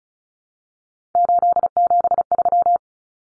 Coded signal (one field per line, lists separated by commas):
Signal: Morse code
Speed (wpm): 34 wpm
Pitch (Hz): 700 Hz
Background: none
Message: 873